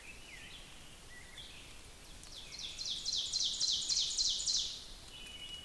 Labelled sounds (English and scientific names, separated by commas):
Ovenbird (Seiurus aurocapilla) song